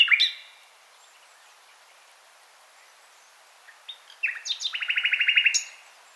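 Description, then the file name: Common nightingale song: a brief sharp note at the start, silence, then quiet notes building into a loud, fast, rattling trill of evenly repeated notes. "Luscinia megarhynchos"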